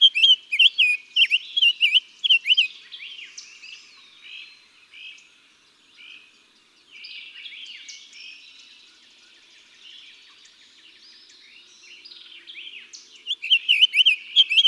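Summer tanager song: runs of loud, slurred, whistled phrases at the start and again at the end, with softer mixed birdsong between.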